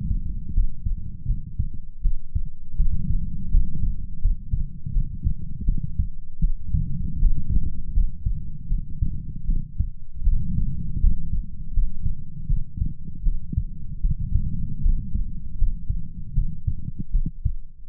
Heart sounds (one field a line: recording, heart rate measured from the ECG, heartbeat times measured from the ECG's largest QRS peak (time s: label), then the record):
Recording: heart sounds by stethoscope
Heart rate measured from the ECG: 80 bpm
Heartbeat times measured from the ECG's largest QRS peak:
0.52 s: heartbeat
1.25 s: heartbeat
2.01 s: heartbeat
2.75 s: heartbeat
3.49 s: heartbeat
4.20 s: heartbeat
4.91 s: heartbeat
5.64 s: heartbeat
6.39 s: heartbeat
7.18 s: heartbeat
7.92 s: heartbeat
8.67 s: heartbeat
9.45 s: heartbeat
10.23 s: heartbeat
10.99 s: heartbeat
11.72 s: heartbeat
12.46 s: heartbeat
13.22 s: heartbeat
14.00 s: heartbeat
14.81 s: heartbeat
15.56 s: heartbeat
16.33 s: heartbeat
17.10 s: heartbeat
17.87 s: heartbeat
From the record:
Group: healthy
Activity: rest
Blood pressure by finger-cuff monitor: 108/65 mmHg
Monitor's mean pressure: 81 mmHg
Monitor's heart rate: 80 bpm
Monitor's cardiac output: 7 L/min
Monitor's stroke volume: 88 mL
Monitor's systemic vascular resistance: 840 dyn s/cm5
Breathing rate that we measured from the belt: 16 breaths a minute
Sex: female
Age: 26 years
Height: 165 cm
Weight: 55 kg